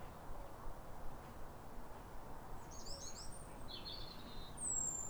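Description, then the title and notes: European robin song, two short, high, wavering warbled phrases, then a thin sliding whistle, heard over a steady low rumble of background noise. Pair of robins in neighbouring gardens singing as if duetting at a clear, calm, rosy winter sunrise around New Year, after weeks of rain. "Sound Escape 150: Be uplifted by a chorus of New Year's robins. A pair of robins in neighbouring gardens welcome the early sun with wistful phrases as if chatting over the fence. It's a duet to warm the soul in the depths of winter. BBC Countryfile Magazine's Sound Escapes. Recorded by Fergus Collins"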